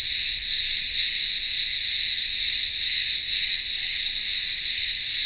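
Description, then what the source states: Cicadas give a continuous high, hissing buzz with gentle pulsing swells about twice a second, steady throughout. Cicadas singing in the midday heat in a village town square on the remote Greek island of Ikaria.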